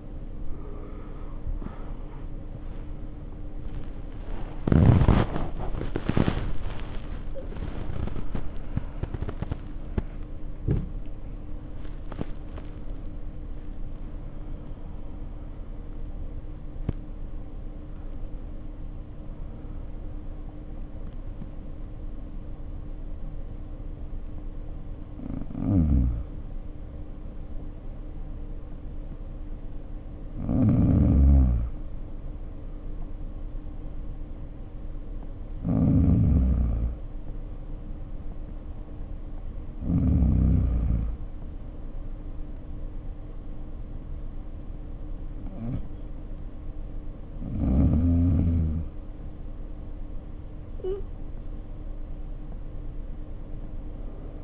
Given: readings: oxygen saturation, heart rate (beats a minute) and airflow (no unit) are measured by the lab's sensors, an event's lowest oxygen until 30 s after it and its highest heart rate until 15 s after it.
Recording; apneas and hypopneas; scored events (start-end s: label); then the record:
breathing in sleep by a smartphone at the bedside; none
10.00-40.00 s: new sleep stage, N1 (lightest sleep)
40.00-54.44 s: new sleep stage, N2 (light sleep)
From the record:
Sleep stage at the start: N2 (light sleep); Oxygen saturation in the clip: 75 to 92%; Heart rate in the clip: 52 to 81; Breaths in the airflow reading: 9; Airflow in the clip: -6.6 to 10.5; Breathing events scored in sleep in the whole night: 520 in 7.2 hours asleep